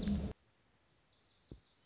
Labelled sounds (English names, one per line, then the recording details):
Lazuli Bunting
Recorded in Sonoma County, California